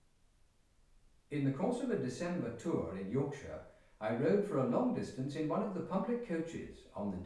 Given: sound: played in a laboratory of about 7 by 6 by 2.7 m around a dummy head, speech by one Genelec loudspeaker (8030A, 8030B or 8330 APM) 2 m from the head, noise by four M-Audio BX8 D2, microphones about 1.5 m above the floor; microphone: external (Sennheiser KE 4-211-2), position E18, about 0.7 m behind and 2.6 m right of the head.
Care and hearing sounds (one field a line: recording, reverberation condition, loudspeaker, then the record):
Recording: male speech in English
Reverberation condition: medium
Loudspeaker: in front (0 degrees)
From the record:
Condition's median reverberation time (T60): about 510 ms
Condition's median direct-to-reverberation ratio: about -0.5 dB